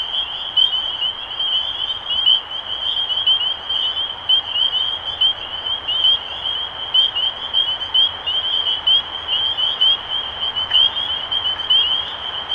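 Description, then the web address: Spring peepers calling in a dense chorus, countless high, rising peeps overlapping continuously, with a steady background hiss. Recorded 23 March 2012. "rob animals Peepers-2012-0323"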